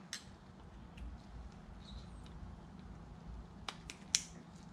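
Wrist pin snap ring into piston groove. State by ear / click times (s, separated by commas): seated / 4.1 s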